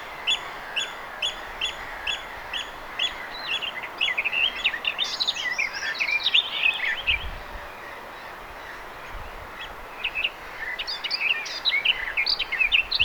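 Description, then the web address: Garden warbler song: a rapid babbling warble in two bursts, from about five seconds in and again near the end, after a regular series of short, repeated high notes. Singing bird recorded 2 June 2025. "paivat 2 6 2025 myos tuollainen laulava lehtokerttu"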